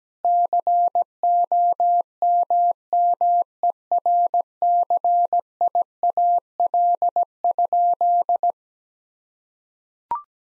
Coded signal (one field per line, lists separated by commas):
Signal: Morse code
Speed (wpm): 17 wpm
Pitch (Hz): 700 Hz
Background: none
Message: COMMERCIAL?